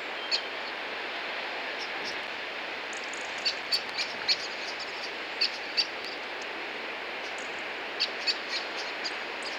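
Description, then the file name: Common blackbird giving short, hard ticking calls, scattered singly and in pairs, against constant background hiss. "Turdus merula"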